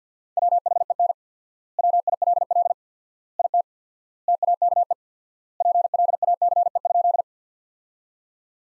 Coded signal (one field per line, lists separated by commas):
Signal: Morse code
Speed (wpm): 47 wpm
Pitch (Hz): 700 Hz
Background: none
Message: WHEN WILL IT TAKE PLACE?